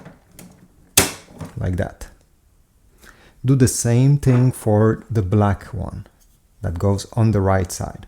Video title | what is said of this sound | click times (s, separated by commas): HP DeskJet 2842e & 2855e : How to Load The Ink Cartridges | It will rest in this position, and now take your finger and push it up until it clicks, like | 1.0 s